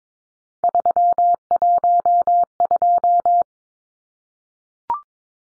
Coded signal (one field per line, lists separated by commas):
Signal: Morse code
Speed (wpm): 22 wpm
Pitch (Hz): 700 Hz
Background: none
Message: 312